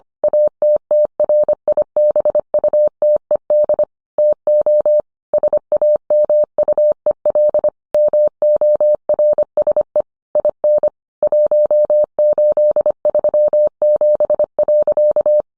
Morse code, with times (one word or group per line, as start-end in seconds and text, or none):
0.2-3.8 ATTRIBUTED
4.2-5.0 TO
5.3-7.7 SAMUEL
7.9-10.0 MORSE
10.4-10.9 IN
11.2-15.4 1837.